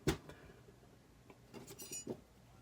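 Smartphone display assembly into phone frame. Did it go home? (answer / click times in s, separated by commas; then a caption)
yes / 0.1 s. The repaired iPhone 8 Plus display assembly is closed onto the phone frame, with pressure on the stiffer spots until it seats. A sharp click at 0.1 s is the loudest sound, followed by softer taps and light clinks through the rest of the clip. The screen is seated in the frame.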